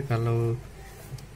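A cable plug is handled near an amplifier or speaker socket during power amplifier wiring, while someone talks briefly at the start, followed by quiet handling noise and a faint short tap near 1.2 s. The plug has not seated or clicked into the socket yet.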